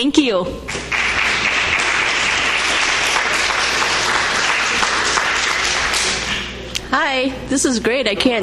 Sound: applause